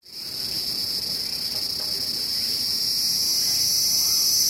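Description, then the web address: Cicada calling with a continuous, shrill, high-pitched buzz that starts abruptly and holds steady, growing slightly louder throughout. Recorded in a cemetery in Tokyo, Japan; long call described as sci-fi sounding. "Lynne Music 2 Insect Call Circada Sci Fi Sounding Long Tokyo Japan Cemetary"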